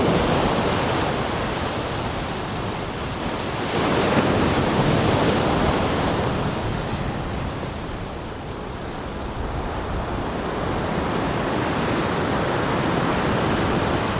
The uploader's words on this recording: Ocean Waves Sleep White Noise. Water Sounds Ambient Noise White Noise.